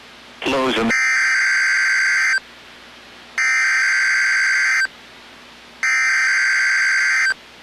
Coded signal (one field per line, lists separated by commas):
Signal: Emergency Alert System (SAME) tones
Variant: header bursts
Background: speech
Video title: NOAA Weather Radio - Weekly EAS Test - 2/8/17